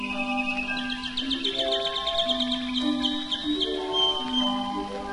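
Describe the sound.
Canary song of quick repeated chips and trills, then a thin whistle, mixed with gentle melodic instrumental music.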